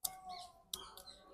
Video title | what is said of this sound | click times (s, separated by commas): How to Replace Frameless Wiper Blades - Easy 2-Min DIY 🚗 | देखिए, it's very easy to lock. ये lock हो गया इतना | 0.7 s